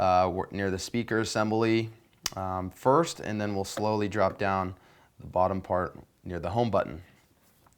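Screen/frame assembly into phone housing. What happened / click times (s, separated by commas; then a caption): The part is being handled but has not yet seated / none. Someone talks while the full screen assembly of an iPhone 3G/3GS is lowered into the phone housing, top near the speaker first, then the bottom near the home button. Two faint, brief ticks come at the very end, but nothing has seated or clicked yet.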